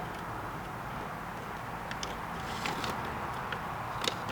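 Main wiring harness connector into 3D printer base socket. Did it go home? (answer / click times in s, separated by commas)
yes / 4.1 s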